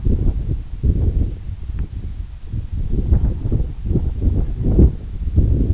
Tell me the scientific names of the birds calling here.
none